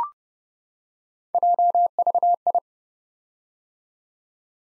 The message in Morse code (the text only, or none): JVI